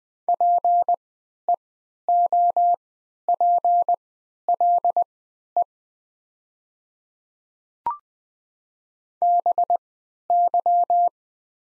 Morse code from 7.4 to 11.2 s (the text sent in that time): BY